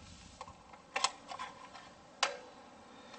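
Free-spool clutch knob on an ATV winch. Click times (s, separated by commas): 2.2 s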